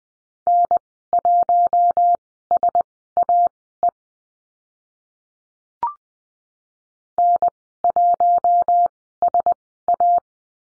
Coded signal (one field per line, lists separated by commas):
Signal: Morse code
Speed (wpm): 20 wpm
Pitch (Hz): 700 Hz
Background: none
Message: N1SAE N1SA